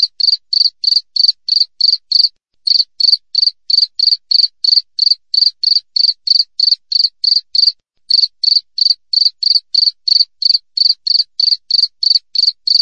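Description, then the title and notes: Cricket chirp series: sharp, high trilled pulses evenly spaced about three per second, with two brief breaks, nothing else audible. Clear wild cricket chirps with tight spacing, used as a tutor recording for training songbirds and for repelling rats. "Masteran Jangkrik Alam Jernih, Jeda Rapat Cocok Untuk Masteran Burung Dan Mengusir Tikus. suara jangkrik"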